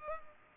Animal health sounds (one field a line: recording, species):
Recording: mosquito wingbeat signal from an infrared sensor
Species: Culex pipiens